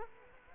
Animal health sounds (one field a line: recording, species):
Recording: mosquito wingbeat signal from an infrared sensor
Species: Culex quinquefasciatus